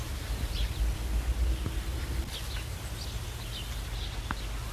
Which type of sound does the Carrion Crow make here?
call